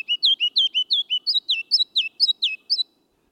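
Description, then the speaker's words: Ruby-crowned Kinglet singing a rapid, rollicking series of many bright notes, shifting higher in pitch partway through. Male singing his loud, rollicking spring song at the forest edge in northern and western lowlands, in spring; song has three distinct parts. "ruby-crowned kinglet tunes up his spring song only in the lowlands."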